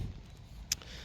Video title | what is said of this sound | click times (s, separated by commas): 2022 CADILLAC CT4-V BLACKWING!! Is V the new M!? A true BMW Contender!! | and it gave you you this nice satisfying click once you close it | 0.7 s